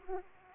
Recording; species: mosquito wingbeat signal from an infrared sensor; Aedes aegypti